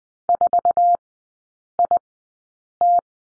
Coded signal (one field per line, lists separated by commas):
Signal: Morse code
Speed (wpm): 20 wpm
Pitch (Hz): 700 Hz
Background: none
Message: 4IT